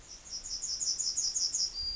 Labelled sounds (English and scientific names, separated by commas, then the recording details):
Yellowhammer (Emberiza citrinella) song
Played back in forest
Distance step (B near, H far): D
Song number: 041